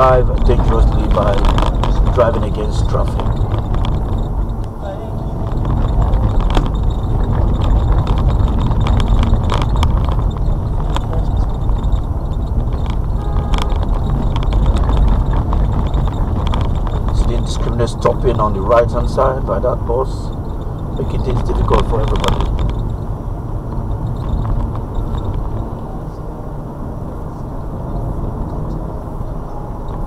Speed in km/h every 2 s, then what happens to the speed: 47, 47, 48, 48, 45, 42, 42, 44, 45, 47, 48, 52, 53, 56, 58.
0-6 steady at about 47. 6-9 slows to 42. 13-30 speeds up to 58.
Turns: none.